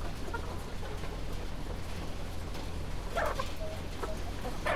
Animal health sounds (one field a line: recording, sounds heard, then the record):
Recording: poultry house recording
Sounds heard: healthy chickens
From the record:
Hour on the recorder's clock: 20